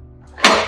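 Pulling up the grab lever on the split side rail of a hospital ward bed frame releases the side rail latch with a sharp single knock at 0.4 s, and the rail lowers under its own weight. Broadband noise rises just before the knock and trails off afterward.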